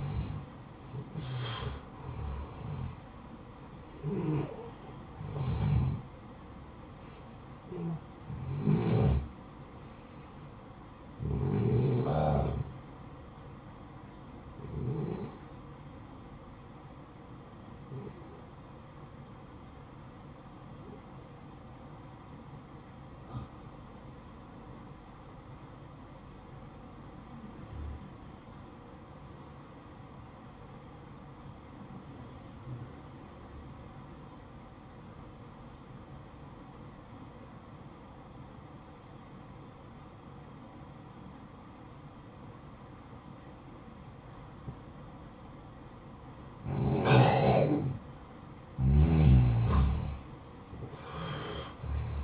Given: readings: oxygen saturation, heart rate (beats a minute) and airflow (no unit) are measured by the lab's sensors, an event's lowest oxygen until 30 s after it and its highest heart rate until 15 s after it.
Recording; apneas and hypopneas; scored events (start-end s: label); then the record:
breathing in sleep by a smartphone at the bedside; 1
22.00-47.30 s: obstructive apnea (N2, oxygen 95% highest, then 89% lowest, heart rate 57 at the start, 72 highest)
22.00-52.24 s: new sleep stage, N2 (light sleep)
From the record:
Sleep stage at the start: N1 (lightest sleep); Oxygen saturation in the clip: 89 to 95%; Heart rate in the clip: 55 to 66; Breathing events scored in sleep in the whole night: 573 in 9.8 hours asleep